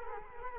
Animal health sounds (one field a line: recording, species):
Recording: mosquito wingbeat signal from an infrared sensor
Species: Culex quinquefasciatus